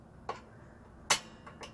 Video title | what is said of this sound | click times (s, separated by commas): Presidium Ring Engraving Machine Setup & Review | Okay, it actually locks. | 0.3 s